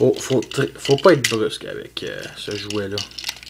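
Someone talks while two plastic pieces are handled and fitted onto a transforming robot toy, with a few small sharp sounds near the end. The clip stops just before the parts go home, so nothing has seated or clicked yet.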